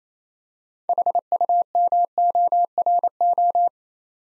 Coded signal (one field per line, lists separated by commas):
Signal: Morse code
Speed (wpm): 27 wpm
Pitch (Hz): 700 Hz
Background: none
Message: HUMORO